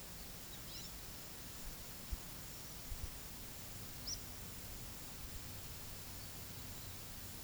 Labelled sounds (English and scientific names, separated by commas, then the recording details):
Great Kiskadee (Pitangus sulphuratus), Olive-faced Flatbill (Tolmomyias viridiceps)
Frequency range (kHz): Great Kiskadee (Pitangus sulphuratus) 3.0-4.7 kHz; Olive-faced Flatbill (Tolmomyias viridiceps) 3.7-6.3 kHz
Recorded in pastures near Puerto Asís, Putumayo, Colombia, on 20 February 2024 at 13:00
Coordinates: 0.486, -76.323
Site G6462